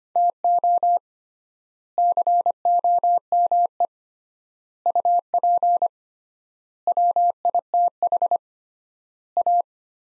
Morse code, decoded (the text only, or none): TO COME UP WITH A